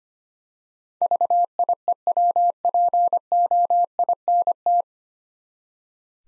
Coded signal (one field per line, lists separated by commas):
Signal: Morse code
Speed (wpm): 25 wpm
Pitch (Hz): 700 Hz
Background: none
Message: VIEWPOINT